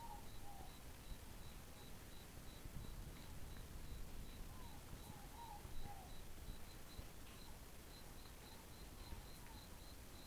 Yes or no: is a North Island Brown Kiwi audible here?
no